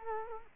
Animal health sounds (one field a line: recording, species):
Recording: mosquito wingbeat signal from an infrared sensor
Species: Culex quinquefasciatus